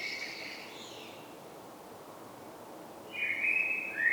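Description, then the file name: Common blackbird with a brief twittery burst at the start, a long quiet gap, then a loud sustained note that dips slightly at the very end. "Turdus merula"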